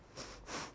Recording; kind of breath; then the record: one breath in and out by a microphone near the nose and mouth; strong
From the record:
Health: marked as sick, illness not named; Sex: female